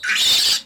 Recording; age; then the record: pig call; piglet (1 to 25 days)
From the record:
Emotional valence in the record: negative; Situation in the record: restrain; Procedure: sham castration, fixation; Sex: male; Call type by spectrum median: high-frequency call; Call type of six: high-frequency modulated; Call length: 0.66 s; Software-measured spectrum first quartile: 3136 Hz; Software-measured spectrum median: 4042 Hz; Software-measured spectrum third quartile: 5430 Hz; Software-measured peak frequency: 3555 Hz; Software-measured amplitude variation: 121 dB a second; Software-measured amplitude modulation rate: 18.9 a second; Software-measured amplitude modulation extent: 6.4 dB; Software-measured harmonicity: 2.6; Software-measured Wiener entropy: -2.12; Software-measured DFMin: 691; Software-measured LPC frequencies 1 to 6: 1570, 3669, 4524, 7033, 7529, 11182 Hz